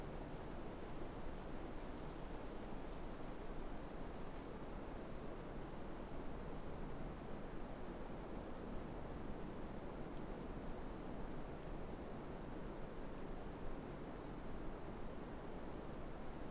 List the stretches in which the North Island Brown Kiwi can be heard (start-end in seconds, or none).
none